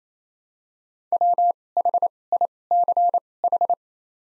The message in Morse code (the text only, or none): W H I C H